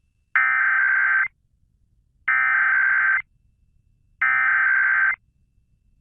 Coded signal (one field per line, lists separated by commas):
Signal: Emergency Alert System (SAME) tones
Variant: header bursts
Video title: EAS 4179: Pennsylvania Required Monthly Test for January 2023